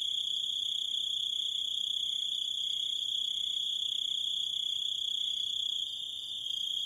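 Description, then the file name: Grasshopper giving a continuous shrill buzzing trill, even and unbroken, dipping briefly in loudness just before the end. "zvuki kuznechika"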